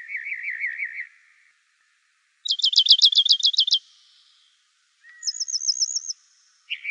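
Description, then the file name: Rock wren singing varied trilled phrases: a low rolling trill, a loud high buzzy trill, then a thin high looping trill, each phrase separated by short silences. "ROWR 2 deviche"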